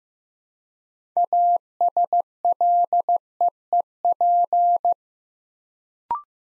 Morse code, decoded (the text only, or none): ASLEEP